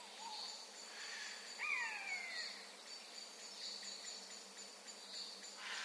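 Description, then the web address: Eurasian jay giving a single downslurred mewing note, preceded by a short lower note, over a steady high background. "SETE data Garrulus glandarius"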